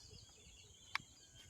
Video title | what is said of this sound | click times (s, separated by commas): Hard disc holder and tv connection Video tamil | lock ஆயிடுச்சு. | 1.0 s